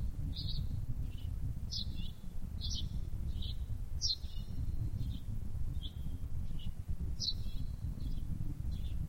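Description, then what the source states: Bird calls, sharp high notes repeated at about one per second, mixed with softer lower notes, over a persistent low rumble. Masteran (tutor song for training birds).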